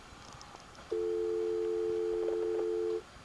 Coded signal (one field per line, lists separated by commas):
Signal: telephone call progress tone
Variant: North America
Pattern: dial tone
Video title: Accessing the Internet without an Internet connection | Dialing Into the PhreakNet BBS